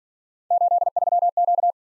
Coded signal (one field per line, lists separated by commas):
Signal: Morse code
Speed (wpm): 46 wpm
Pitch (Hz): 700 Hz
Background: none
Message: 83Q